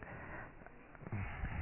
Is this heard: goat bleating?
no